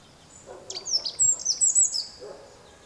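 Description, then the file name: Eurasian wren uttering a quick run of piercing, high, tinkling notes for about a second and a half over a quiet background with soft low sounds. "Troglodytes troglodytes"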